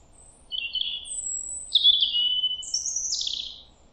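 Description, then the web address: European robin song of several short, varied high phrases: thin whistles and warbles, ending in a rapid, slightly buzzy trill. "Deverinetal 2025 File origin Bird Only Er Ru"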